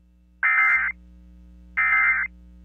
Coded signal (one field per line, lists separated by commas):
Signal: Emergency Alert System (SAME) tones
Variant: end-of-message bursts